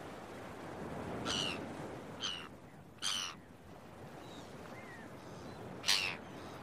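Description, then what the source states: Gull calls, several strident, slightly harmonic cries at irregular intervals, with gentle wave noise throughout. Gulls early in the morning at the beach, with waves.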